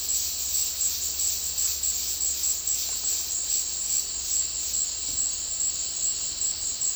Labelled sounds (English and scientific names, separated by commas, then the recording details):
none
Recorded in dense forest near Puerto Asís, Putumayo, Colombia, on 20 February 2024 at 16:00
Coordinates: 0.496, -76.326
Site G6383